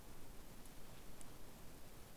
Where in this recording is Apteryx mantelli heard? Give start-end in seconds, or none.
none